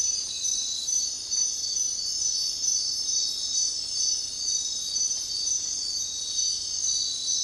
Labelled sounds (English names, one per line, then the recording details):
none
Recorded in dense forest near Puerto Asís, Putumayo, Colombia, on 21 February 2024 at 05:00
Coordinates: 0.500, -76.322
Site G6465